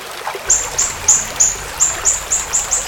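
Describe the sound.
Siri-siri bird giving a quick regular series of thin, high whistled notes.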